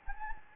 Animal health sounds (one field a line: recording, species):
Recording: mosquito wingbeat signal from an infrared sensor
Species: Anopheles gambiae